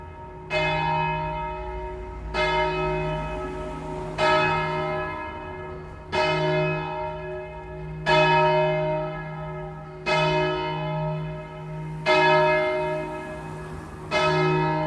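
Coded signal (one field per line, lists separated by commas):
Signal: bell signal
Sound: a single large church bell swinging, struck about every two seconds, eight strikes heard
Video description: Segnale orario (composto da ritornello dell'Ave Maria di Lourdes e battiore) e Distesa del Mi♭³ come Angelus feriale delle ore 12.00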